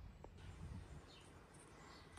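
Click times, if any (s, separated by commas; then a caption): none. A plastic door trim panel is being handled against a car door, hooked into the top groove and tilted down, ready to be pressed lightly so its clips snap straight in. Low rumbling handling noise with a brief soft tick around 0.3 s and a faint rustle near the end is heard. Nothing has seated or clicked yet.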